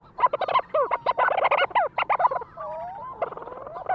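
Leach's storm-petrel giving a rapid, stuttering chatter of short, squeaky notes, broken by a brief pause, then a few drawn-out wavering notes before the chattering resumes.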